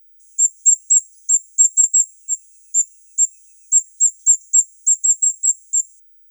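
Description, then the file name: Firecrest giving very high, thin, sibilant call notes, about twenty over six seconds, spaced unevenly and sometimes doubled, against a silent background. "Korolek krasnogolovyj"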